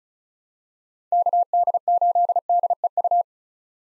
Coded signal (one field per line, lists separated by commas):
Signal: Morse code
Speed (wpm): 34 wpm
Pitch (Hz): 700 Hz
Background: none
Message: KD8DEU